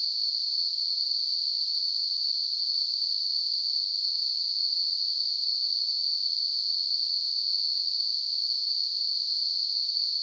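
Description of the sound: Synthesized tinnitus sound: a steady, continuous, high-pitched hiss-like band of noise centered around 4–5 kHz, with a faint higher band near 9 kHz and nothing below about 2 kHz, unchanging for the whole clip. Tinnitus simulation.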